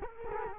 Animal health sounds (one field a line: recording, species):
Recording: mosquito wingbeat signal from an infrared sensor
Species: Culex quinquefasciatus